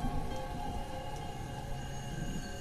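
Steady rain pours down on a campsite of tents in a continuous, even hiss, with low droning tones sustained underneath and no voices.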